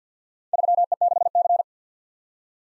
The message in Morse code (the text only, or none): 3E6C